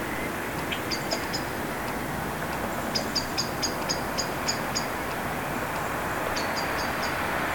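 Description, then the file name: Common blackbird calls: sharp high clicking notes repeated several times a second in short bursts, partly masked by steady loud rumbling traffic-like noise. "Turdus merula"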